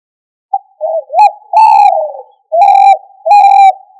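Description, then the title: Chicken calls begin with short wavering clucks, then a long note and two more steady, sustained notes. Australorp breed ('manok ostrali'). "manok ostrali"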